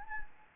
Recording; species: mosquito wingbeat signal from an infrared sensor; Anopheles gambiae